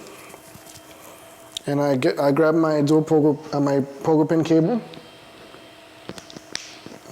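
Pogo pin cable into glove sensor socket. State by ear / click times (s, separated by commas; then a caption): seated / 6.5 s. A pogo pin cable, grabbed from behind, is pushed into the sensor socket on a glove. Someone talks from about 1.7 to 4.8 s, then a few small handling ticks come near 6.1–6.3 s before a sharp little click at 6.6 s as the cable seats.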